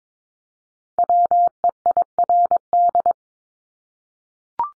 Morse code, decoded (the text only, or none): WEIRD